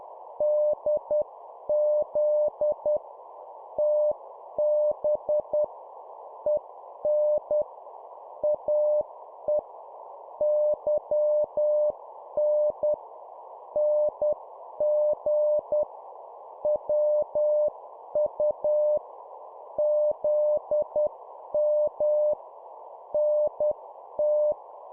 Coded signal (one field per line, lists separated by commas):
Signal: Morse code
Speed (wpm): 10 wpm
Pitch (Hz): 600 Hz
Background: none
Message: DZ TB EN AE YN NG WU ZM NT